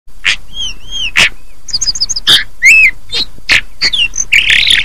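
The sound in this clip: Hill blue flycatcher giving loud clicks alternating with smooth curved whistles, ending in a dense rasping, jumbled phrase.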